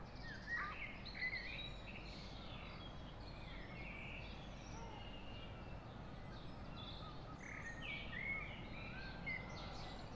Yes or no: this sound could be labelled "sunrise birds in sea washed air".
yes